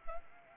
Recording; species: mosquito wingbeat signal from an infrared sensor; Anopheles arabiensis